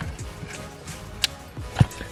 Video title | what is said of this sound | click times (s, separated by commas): Installing a Pedal Commander on my A90 Toyota Supra! *You Need This* | make sure it's snapped into place and then on the pedal side | 1.2 s